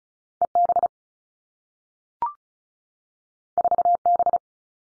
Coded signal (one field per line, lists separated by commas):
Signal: Morse code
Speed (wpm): 36 wpm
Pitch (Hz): 700 Hz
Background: none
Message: E B 4 B